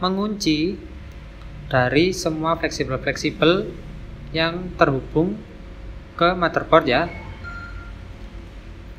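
A metal retaining plate is being handled over the flex cable connectors on the motherboard of an Oppo R7S phone while someone talks. Nothing has seated or clicked yet; the plate has not gone home by the end of the clip.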